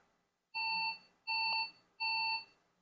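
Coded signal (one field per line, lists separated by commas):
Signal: beep code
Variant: Toyota parking sensor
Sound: three evenly spaced short electronic beeps, each about 0.4 seconds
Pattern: 3 short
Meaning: Three beeps indicate the third (centre right) parking sensor is defective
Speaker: again we're going to hear three bips because this um centrer right sensor is defective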